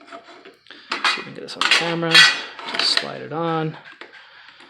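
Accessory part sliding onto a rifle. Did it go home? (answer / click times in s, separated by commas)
no / none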